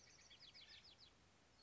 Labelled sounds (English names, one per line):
Bewick's Wren